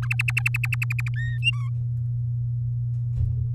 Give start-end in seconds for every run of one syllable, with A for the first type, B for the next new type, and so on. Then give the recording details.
0.02-1.09 A, 1.16-1.38 B, 1.42-1.69 C. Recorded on 7 May 2018 at 16:05. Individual llb16